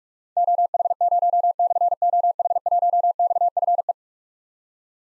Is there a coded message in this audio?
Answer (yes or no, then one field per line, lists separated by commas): yes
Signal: Morse code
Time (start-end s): 0.4-3.9 s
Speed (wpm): 44 wpm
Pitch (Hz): 700 Hz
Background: none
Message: OH0/OH1XFE